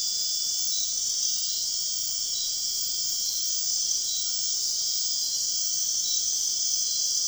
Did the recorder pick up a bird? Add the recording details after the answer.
no. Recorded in dense forest near Puerto Asís, Putumayo, Colombia, on 4 March 2025 at 01:30. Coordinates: 0.499, -76.324. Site GP03